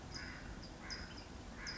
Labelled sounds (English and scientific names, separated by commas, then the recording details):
California Towhee (Melozone crissalis)
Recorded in Sonoma County, California